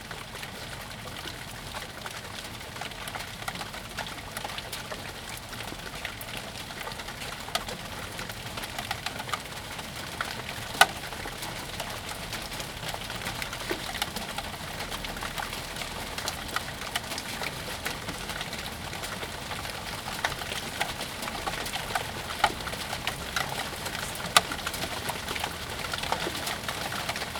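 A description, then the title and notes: Steady rain patters densely in a backyard, with scattered louder drips throughout and what may be a pigeon faintly cooing underneath. Rain, backyard.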